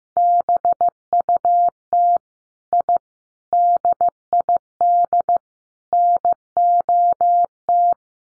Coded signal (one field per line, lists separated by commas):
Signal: Morse code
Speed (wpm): 15 wpm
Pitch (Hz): 700 Hz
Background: none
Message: BUT I DID NOT